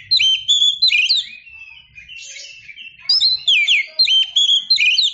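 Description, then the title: Oriental magpie-robin singing loud fluty whistles and quick slurred notes in two bright bursts separated by a softer passage. Champion singing bird. "Kicau Burung Kacer Juara"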